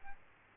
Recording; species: mosquito wingbeat signal from an infrared sensor; Aedes aegypti